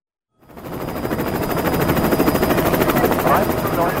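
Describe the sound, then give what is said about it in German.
Engines of two Federal Border Guard helicopters roar up after a brief silence, a loud steady drone with rapid rhythmic rotor chopping at full strength throughout, as they take off from the Olympic Village for the Fürstenfeldbruck military airfield west of Munich, carrying 8 terrorists, 9 Israeli hostages and 4 pilots. “Erst um kurz vor 10:30 starten zwei Hubschrauber des Bundesgrenzschutzes zum Militärflughafen nach Fürstenfeldbruck, westlich von München.”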